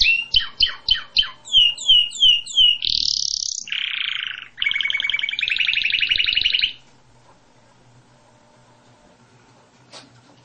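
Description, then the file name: Canary song opening with sharp repeated notes and chirps, then two buzzy notes and a long rapid trill before falling silent. "Canary Voice"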